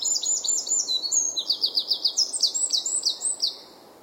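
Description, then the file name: Eurasian wren song, fast high-pitched notes and trills pouring out for over three seconds before stopping, over faint low rumble. "Troglodytes troglodytes"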